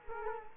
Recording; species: mosquito wingbeat signal from an infrared sensor; Culex quinquefasciatus